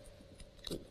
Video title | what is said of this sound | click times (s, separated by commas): Hochanda TV - The Home of Crafts, Hobbies and Arts Live Stream | I do is over and under top to bottom you can hear it clicking | 0.7 s